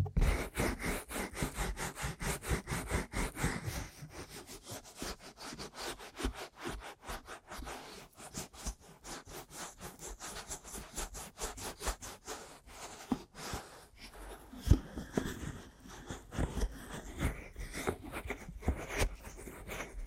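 Aggressive ear massage and tapping: dense, rapid rubbing and scratching strokes fill the first few seconds, then ease into a quieter, steady run of soft brushing. Around fifteen seconds the strokes turn heavier again, with a few sharp taps and thumps near the end.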